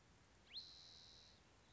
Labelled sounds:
Spotted Towhee (Pipilo maculatus)
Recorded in Sonoma County, California

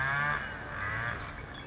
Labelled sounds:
Western Meadowlark (Sturnella neglecta)
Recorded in Sonoma County, California

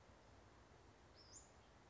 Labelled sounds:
Western Flycatcher (Empidonax difficilis)
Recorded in Sonoma County, California

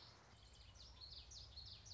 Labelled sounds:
Common Yellowthroat (Geothlypis trichas)
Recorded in Sonoma County, California

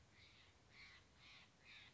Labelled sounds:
Steller's Jay (Cyanocitta stelleri)
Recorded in Sonoma County, California

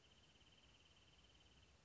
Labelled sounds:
Wrentit (Chamaea fasciata)
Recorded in Sonoma County, California

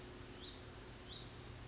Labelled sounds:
Hutton's Vireo (Vireo huttoni)
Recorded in Sonoma County, California

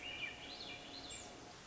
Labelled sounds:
Swainson's Thrush (Catharus ustulatus)
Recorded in Sonoma County, California

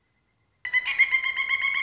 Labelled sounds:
Pileated Woodpecker (Dryocopus pileatus)
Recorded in Sonoma County, California

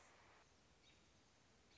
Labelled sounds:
American Robin (Turdus migratorius)
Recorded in Sonoma County, California

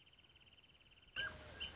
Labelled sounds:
Wrentit (Chamaea fasciata)
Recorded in Sonoma County, California

